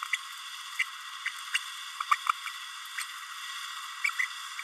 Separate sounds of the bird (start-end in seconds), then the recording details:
0.13-0.16, 0.79-0.83, 1.25-1.29, 1.54-1.58, 2.11-2.16, 2.97-3.04, 4.04-4.09. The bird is a female. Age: 30 days. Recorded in a nest box in Venezuela. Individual 17B32A7